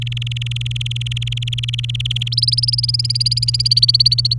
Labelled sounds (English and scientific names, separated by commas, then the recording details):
Domestic Canary (Serinus canaria) song
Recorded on 29 April 2018 at 08:27
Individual llb3